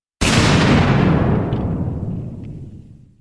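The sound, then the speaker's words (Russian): A shell hits an enemy armoured transporter in a huge explosion that bursts in suddenly with a loud, full-spectrum blast, then rolls into a deep rumbling tail that slowly fades over about three seconds. “Взрыв такой силы, что меня отбросило, заложило уши, да и вообще чуть ли не контузило.”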